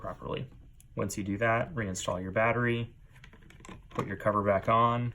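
Someone talks while the battery is reinstalled and the plastic back cover is put back on over it on a Netgear MR1100 mobile hotspot. A few light handling taps come between about 3.2 and 3.7 seconds. The cover has not clicked or seated yet.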